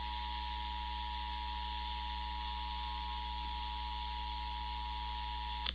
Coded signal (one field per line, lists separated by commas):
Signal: Emergency Alert System (SAME) tones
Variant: 853 and 960 Hz attention tone